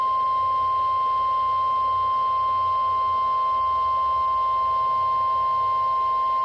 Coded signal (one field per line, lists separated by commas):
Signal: Emergency Alert System (SAME) tones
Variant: 1050 Hz attention tone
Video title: NOAA Weather Radio - Doubleheader Severe Thunderstorm Warning [EAS #248-#249] (7/18/22)